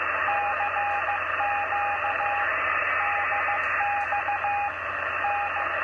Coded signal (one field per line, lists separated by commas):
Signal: Morse code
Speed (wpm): 15 wpm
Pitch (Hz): 820 Hz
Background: radio noise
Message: CQ DX N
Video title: CW 27 MHz